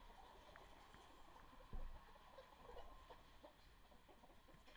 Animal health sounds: poultry house recording; healthy chickens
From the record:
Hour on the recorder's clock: 12

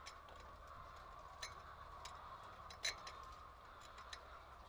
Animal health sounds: poultry house recording; healthy chickens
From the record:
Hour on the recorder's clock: 23

